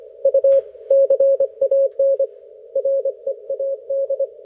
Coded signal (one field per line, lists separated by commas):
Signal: Morse code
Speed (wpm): 25 wpm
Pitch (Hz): 530 Hz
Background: none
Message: U CAN READ